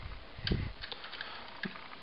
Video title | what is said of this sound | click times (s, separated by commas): Review FR - Transformers G1.5 - Stalker | ceci qui était bien sûr monté sur un petit axe avec un ressort, va en fait se clipser dedans. | 0.5 s